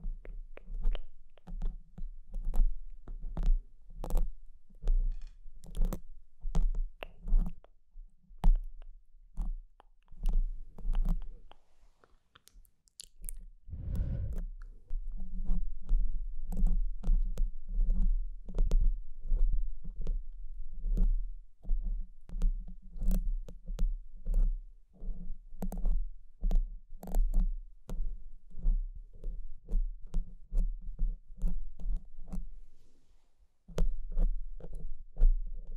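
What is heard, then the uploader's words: Dry pinching and scratching, a dense run of quick clicks and rasps over a muffled low thumping. The sound thins out for a few seconds near the ten-second mark, a heavy rumbling bump lands around fourteen seconds, and the busy scratching resumes to the end. BRAIN TINGLES PINCHING SCRATCHING FOR SLEEP and RELAXATION ASMR.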